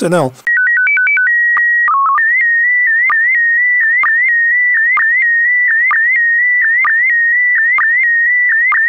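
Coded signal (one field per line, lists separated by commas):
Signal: SSTV (slow-scan television)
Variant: PD 290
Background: speech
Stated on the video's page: SSTV image in PD290 mode.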